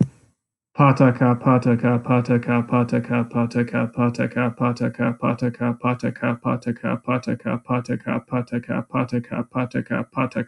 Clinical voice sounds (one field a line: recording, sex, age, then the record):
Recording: repeated syllables /pa ta ka/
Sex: male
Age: 30 to 39 years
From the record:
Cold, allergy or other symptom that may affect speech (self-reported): no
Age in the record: 30 years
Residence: Texas, United States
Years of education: 18